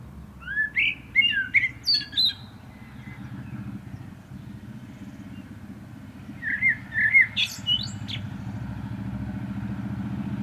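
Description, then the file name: Common blackbird sings two phrases several seconds apart, each a fluted, wavering warble ending in high squeaky twitters, over a soft low rumble. "Turdus merula"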